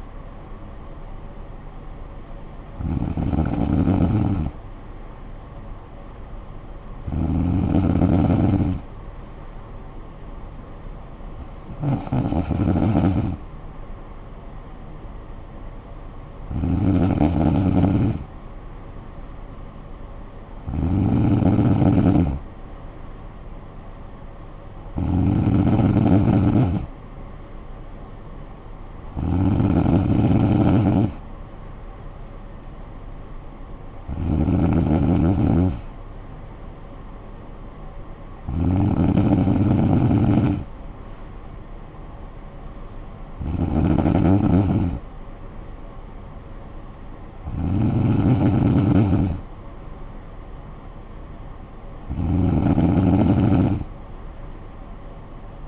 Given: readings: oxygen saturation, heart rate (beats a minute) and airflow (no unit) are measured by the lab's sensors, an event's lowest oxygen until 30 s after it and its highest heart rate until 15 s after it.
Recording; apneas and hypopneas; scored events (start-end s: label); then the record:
breathing in sleep by a smartphone at the bedside; none
none scored
From the record:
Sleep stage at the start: N3 (deep sleep); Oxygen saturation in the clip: 95%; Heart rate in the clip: 54 to 59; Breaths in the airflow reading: 12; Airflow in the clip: -10.4 to 6.1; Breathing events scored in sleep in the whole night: 445 in 7.6 hours asleep